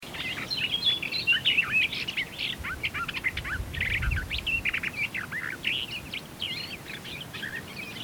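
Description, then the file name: Eurasian blackcap warbling steadily throughout, a jumble of quick chattering and sweet whistled notes, with a brief low rumble around four seconds. "Sylvia atricapilla"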